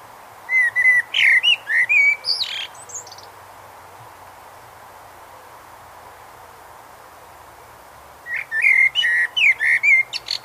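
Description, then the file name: Common blackbird singing two separate phrases of low fluty whistles and high, scratchy twittering, with several seconds of quiet between them. "Turdus merula"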